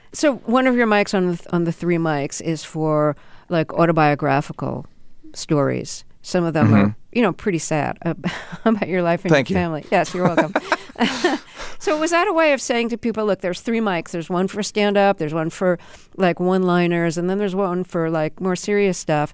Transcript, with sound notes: So one of your mics on the "3 Mics" is for, like, autobiographical stories - some of them are, you know, pretty sad - about your life and your family.
Thank you.
Yes, you're welcome. (Laughter) So was that a way of saying to people, look, there's three mics. There's one for stand-up. There's one for, like, one-liners and then there's one for, like, more serious stuff.